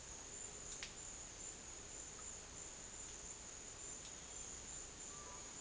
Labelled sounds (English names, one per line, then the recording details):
none
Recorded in dense forest near Puerto Asís, Putumayo, Colombia, on 23 June 2025 at 10:00
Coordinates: 0.484, -76.325
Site H65